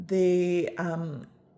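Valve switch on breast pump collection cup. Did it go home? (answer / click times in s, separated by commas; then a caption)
no / none. The plastic valve switch on an Adincy breast pump collection cup is being handled, about to be slid into the closed position to lock the collection cup, while someone talks. Nothing has seated or clicked yet.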